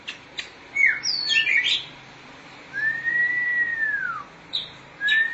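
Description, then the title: Oriental magpie-robin song: quick high chirps, then a long clear whistle that rises slightly and drops away, followed by short sharp notes. "Suara Kicauan Burung Kacer Durasi Panjang"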